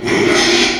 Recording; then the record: squeal of a Yucatan mini pig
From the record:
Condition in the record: after surgery on the right vocal fold (resection and tissue-engineered implant); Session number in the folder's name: 2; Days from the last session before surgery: 13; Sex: male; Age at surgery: 12 weeks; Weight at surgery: 13 kg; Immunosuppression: cyclosporine, prednisolone